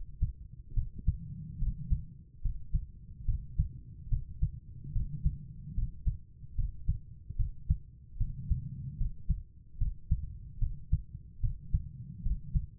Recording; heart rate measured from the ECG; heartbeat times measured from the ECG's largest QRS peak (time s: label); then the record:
heart sounds by stethoscope; 73 bpm
0.73 s: heartbeat
1.58 s: heartbeat
2.41 s: heartbeat
3.25 s: heartbeat
4.08 s: heartbeat
4.92 s: heartbeat
5.74 s: heartbeat
6.55 s: heartbeat
7.36 s: heartbeat
8.17 s: heartbeat
8.97 s: heartbeat
9.77 s: heartbeat
10.58 s: heartbeat
11.40 s: heartbeat
12.22 s: heartbeat
From the record:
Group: healthy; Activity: rest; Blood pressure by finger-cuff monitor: 110/82 mmHg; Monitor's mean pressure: 91 mmHg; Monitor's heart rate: 72 bpm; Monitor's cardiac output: 5.2 L/min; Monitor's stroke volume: 72 mL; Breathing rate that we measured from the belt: 17 breaths a minute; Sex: female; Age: 32 years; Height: 172 cm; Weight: 71.7 kg